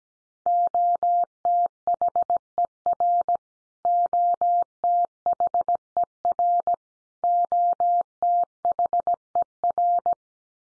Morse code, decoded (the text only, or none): OTHER OTHER OTHER